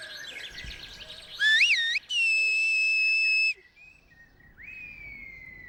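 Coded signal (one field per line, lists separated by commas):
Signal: whistled language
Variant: Silbo Gomero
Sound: loud piercing whistle rising and falling, then a long held high note, then a fainter glide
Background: outdoor background noise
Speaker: I just told him that he has to go give a hand to yenta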